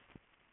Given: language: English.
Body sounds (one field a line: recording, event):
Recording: throat vibration sensor signal played as sound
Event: swallow